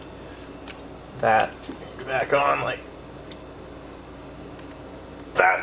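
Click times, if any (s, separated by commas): none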